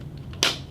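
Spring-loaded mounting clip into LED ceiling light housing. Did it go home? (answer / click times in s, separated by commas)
yes / 0.4 s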